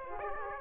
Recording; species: mosquito wingbeat signal from an infrared sensor; Aedes aegypti